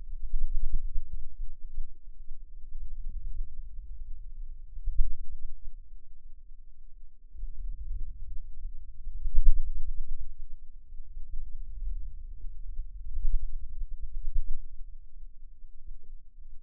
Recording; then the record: forearm muscle sounds (acoustic myography)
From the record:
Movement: wrist extension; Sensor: system 2, bracelet of six BSWA MPA416 microphones around the upper forearm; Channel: 1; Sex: female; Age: 22 years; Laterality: right